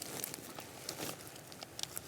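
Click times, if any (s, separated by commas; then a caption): none. A rider handles his residual limb in its pinned prosthetic liner, with a threaded locking pin on the end, at his prosthetic leg socket before pushing it in. Light crinkly rustling is heard, with a few brief sharp ticks near 0.2, 0.9, 1.8 and 2.0 seconds. The pin has not clicked into the socket lock yet, and nothing has seated.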